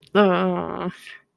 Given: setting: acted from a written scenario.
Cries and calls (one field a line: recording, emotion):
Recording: vocal sound without words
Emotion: embarrassment